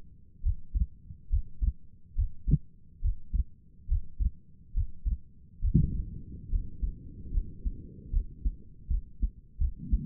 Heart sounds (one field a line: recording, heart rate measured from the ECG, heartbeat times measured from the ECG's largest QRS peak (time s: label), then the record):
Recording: heart sounds by stethoscope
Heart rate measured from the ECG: 72 bpm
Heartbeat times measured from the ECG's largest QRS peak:
0.42 s: heartbeat
1.29 s: heartbeat
2.15 s: heartbeat
3.01 s: heartbeat
3.88 s: heartbeat
4.73 s: heartbeat
5.61 s: heartbeat
6.50 s: heartbeat
7.32 s: heartbeat
8.11 s: heartbeat
8.88 s: heartbeat
9.59 s: heartbeat
From the record:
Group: healthy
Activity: breath hold 0-7 s, rest 7-10 s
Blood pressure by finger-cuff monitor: 91/58 mmHg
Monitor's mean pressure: 68 mmHg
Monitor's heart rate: 70 bpm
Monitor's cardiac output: 5.6 L/min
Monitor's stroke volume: 81 mL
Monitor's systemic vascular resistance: 860 dyn s/cm5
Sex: female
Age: 22 years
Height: 163 cm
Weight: 67.1 kg